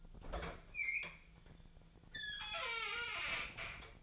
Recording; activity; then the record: daily activity, microphone in the room; open fridge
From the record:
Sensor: 5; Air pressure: 1009.8 hPa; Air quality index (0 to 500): 166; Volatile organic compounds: 4 ppm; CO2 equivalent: 1604 ppm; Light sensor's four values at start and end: 106/274/114/121 and 107/275/114/122